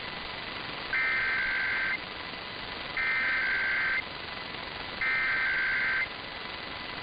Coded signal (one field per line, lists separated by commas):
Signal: Emergency Alert System (SAME) tones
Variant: header bursts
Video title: MORE MONITORING STATIONS... EAS Tests from February 2023 (EAS #1,891 - 1,972)